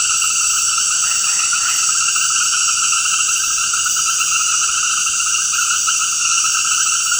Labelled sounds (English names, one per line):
none